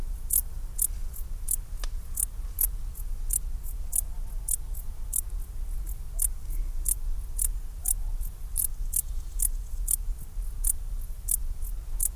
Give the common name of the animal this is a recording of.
Dark Bush-cricket